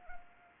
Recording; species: mosquito wingbeat signal from an infrared sensor; Anopheles arabiensis